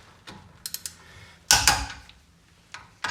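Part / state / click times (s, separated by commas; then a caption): torque wrench on wheel spacer nut / torque reached / 1.5 s. A click-type torque wrench set to 80 ft-lb tightens a wheel spacer nut onto a hub stud. A few light ratcheting ticks come before a loud, sharp release click at 1.5 s, and another tick follows near the end. The wrench clicks at its setting, confirming the nut is torqued to 80 ft-lb.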